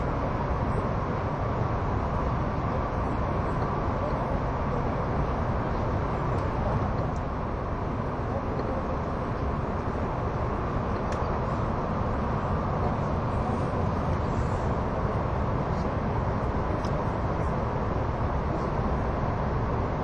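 A train runs along a tunnel route, its low rumble steady and dense from start to finish at a constant level. The roar sits mostly in the low and middle range, with faint scattered clicks and squeaks above it, and no other sounds stand out.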